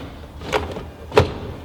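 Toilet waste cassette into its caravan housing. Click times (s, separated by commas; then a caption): 1.2 s. A caravan's cassette toilet waste tank is pushed back into its bay from outside, reversing its removal. A light knock comes at about 0.6 s, then a sharp hit at 1.2 s as the cassette clicks into position, with a softer bump near the end. The cassette is seated and clicked into place, ready for the hatch to be locked.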